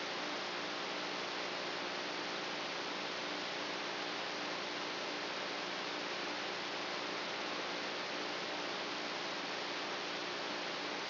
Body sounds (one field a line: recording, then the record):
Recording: brain microelectrode recording played as sound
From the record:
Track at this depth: outside the subthalamic nucleus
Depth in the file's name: -1.309 mm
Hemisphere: right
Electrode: 3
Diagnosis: Parkinson's disease